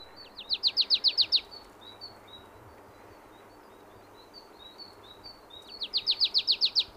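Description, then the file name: Marsh tit calling: a rapid rattle of about eight sharp notes, then many soft, quick high chips, ending with another fast rattling burst. "Poecile palustris"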